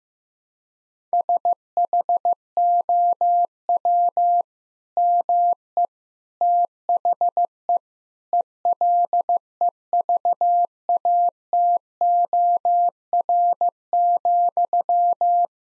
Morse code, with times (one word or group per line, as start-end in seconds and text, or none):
1.1-4.4 SHOW
5.0-5.9 ME
6.4-7.8 THE
8.3-15.5 ELEVATOR,